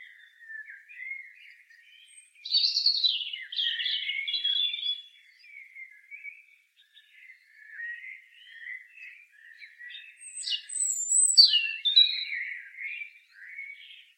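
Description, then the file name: European robin with two loud phrases of high, thin whistles and twittering, linked by quieter scratchy warbling. "Erithacus rubecula"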